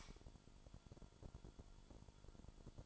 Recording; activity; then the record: daily activity, microphone in the room; light on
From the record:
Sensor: 5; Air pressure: 1008.0 hPa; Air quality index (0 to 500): 104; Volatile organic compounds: 1 ppm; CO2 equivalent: 812 ppm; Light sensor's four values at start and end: 31/73/29/29 and 32/73/29/29